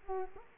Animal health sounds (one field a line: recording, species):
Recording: mosquito wingbeat signal from an infrared sensor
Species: Culex quinquefasciatus